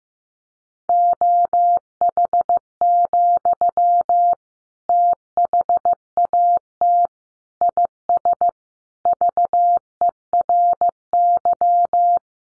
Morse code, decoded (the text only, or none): OH, THAT IS VERY